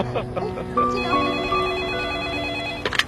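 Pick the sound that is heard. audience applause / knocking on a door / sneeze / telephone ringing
telephone ringing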